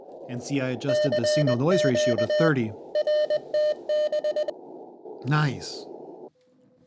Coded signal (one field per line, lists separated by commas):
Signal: Morse code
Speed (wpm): 20 wpm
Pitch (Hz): 600 Hz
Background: speech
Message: CQ RTB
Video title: Getting Started with DSP 2.4 Software Defined Radio and Unboxing.